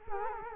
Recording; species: mosquito wingbeat signal from an infrared sensor; Culex quinquefasciatus